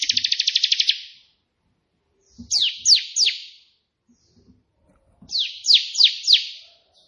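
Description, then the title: Prinia gives a quick buzzy pulsed trill, then a set of three sharp slurred chirps, and later a set of four more. Prenjak putih song with three shooting-style variations (tembakan), intended as tutor song (masteran) for pet prinias. "3 VARIASI TEMBAKAN prenjak putih ini COCOK untuk masteran prenjak anda"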